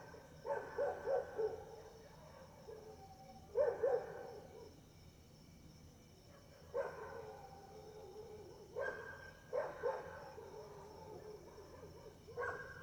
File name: Cachorros latindo longe e depois perto a noite com grilo e passa uma moto